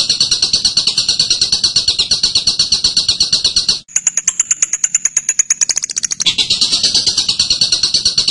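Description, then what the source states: Bird song: dense fast high chirping, then a stretch of sharp ticking notes that speed up, followed by the chatter resuming. Masteran recording used to train birds.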